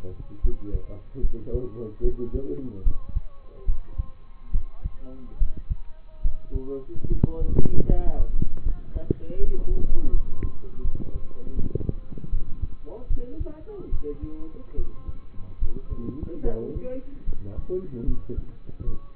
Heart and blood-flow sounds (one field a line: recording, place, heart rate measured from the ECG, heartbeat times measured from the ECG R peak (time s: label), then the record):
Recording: heart sounds by stethoscope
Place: between the tricuspid and mitral areas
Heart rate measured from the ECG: 75 bpm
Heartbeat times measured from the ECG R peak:
0.41 s: heartbeat
1.20 s: heartbeat
2.01 s: heartbeat
2.83 s: heartbeat
3.65 s: heartbeat
4.51 s: heartbeat
5.38 s: heartbeat
6.21 s: heartbeat
7.07 s: heartbeat
7.87 s: heartbeat
8.62 s: heartbeat
9.37 s: heartbeat
10.10 s: heartbeat
10.82 s: heartbeat
11.55 s: heartbeat
12.30 s: heartbeat
13.07 s: heartbeat
13.90 s: heartbeat
14.75 s: heartbeat
15.59 s: heartbeat
16.42 s: heartbeat
17.25 s: heartbeat
18.04 s: heartbeat
18.84 s: heartbeat
From the record:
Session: rest, lying down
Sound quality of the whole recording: partially saturated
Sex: male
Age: 27 years